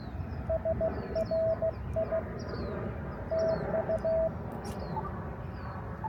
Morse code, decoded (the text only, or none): SRI TU